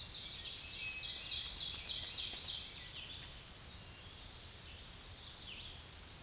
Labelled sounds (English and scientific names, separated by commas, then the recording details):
Ovenbird (Seiurus aurocapilla) song
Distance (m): 15 m
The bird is about 5 m above the microphone
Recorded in a Pennsylvania forest on 16 May 2024 at 07:17
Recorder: AudioMoth, point MSD-2083
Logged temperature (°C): 16.7 °C
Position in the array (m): 147 m, 5 m